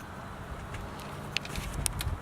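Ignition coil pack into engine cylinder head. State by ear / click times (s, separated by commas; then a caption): seated / 1.4 s, 1.9 s. A plastic-bodied ignition coil pack is pushed down into its spot on the engine cylinder head of a Mustang. Sharp clicks are heard at 1.4 s and 1.9 s over a low background rumble. The coil pack clicks in and is seated.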